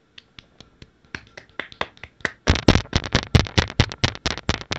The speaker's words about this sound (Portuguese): Vamos bater palma